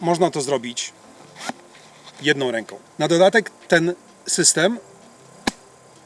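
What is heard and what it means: On a Mammut Ducan Spine backpack, the adjustable upper shoulder pad of the carrying system is moved one-handed along the harness adjustment rail. Someone talks, then a single sharp, short click sounds at 5.5 s as the pad latches into one of three fixed positions, so it will not shift however hard it is pulled.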